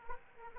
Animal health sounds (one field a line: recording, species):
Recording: mosquito wingbeat signal from an infrared sensor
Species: Aedes aegypti